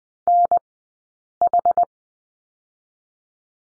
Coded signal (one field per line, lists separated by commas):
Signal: Morse code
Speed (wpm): 20 wpm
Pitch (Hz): 700 Hz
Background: none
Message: NH